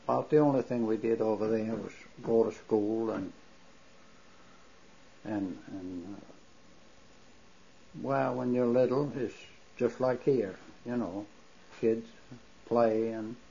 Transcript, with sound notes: About the only thing we did over there was go to school and, ( pause ) well when you're little, it's just like here, you know, kids play and